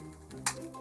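The toe of a plastic Haslab Victory Saber transforming robot toy's foot is flipped out and forced past a tight clearance at the leg part, over a steady low tonal background with a softer tap near 0.3 s. A loud, sharp snap at 0.5 s shows the toe snapping past the tight spot and seating.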